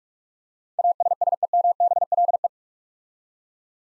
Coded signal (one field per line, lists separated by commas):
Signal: Morse code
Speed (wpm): 44 wpm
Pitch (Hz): 700 Hz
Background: none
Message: ASSEMBLE